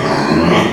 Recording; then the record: squeal of a Yucatan mini pig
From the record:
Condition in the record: before surgery on the right vocal fold (resection and tissue-engineered implant); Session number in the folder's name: 2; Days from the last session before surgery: 0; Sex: male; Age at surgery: 12 weeks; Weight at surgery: 13 kg